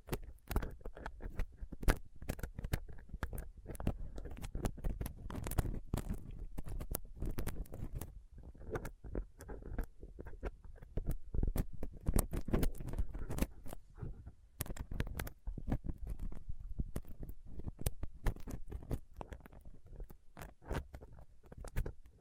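Small scraping and picking sounds from a dental pick, tweezers and cotton swab worked against a microphone fill the 22 seconds. Dense, irregular clicks and rough scratches come constantly, with a heavy low rumble beneath and occasional sharper ticks, staying busy throughout.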